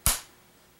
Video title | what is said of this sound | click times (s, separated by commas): Husqvarna Primer Bulb Replacement | it's lined up just go ahead and press it through until it clicks | 0.1 s